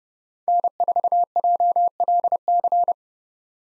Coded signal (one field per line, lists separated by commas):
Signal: Morse code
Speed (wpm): 30 wpm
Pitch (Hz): 700 Hz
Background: none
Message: N4JLC